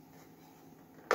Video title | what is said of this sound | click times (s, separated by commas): G30 OUTBOARD TUNNEL HULL BUILD_PART 3 | this squares up so these snap this way this snaps that way you just Flex the | 1.1 s